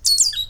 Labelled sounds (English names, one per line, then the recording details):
Stitchbird song
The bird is a male
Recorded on Tiritiri Matangi Island, New Zealand, in 2005
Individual 18, of nest box 26